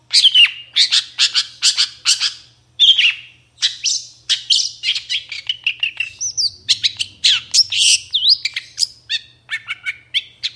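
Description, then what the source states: Long-tailed Shrike song: rapid scratchy chattering notes mixed with whistled slurs. Long-tailed shrike in full, varied song with 'toet toet' notes, recorded in the morning; meant to make other shrikes respond and sing.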